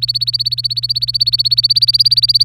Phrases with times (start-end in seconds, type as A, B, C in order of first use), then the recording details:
0.00-2.43 A. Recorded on 24 April 2018 at 17:06. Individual llb3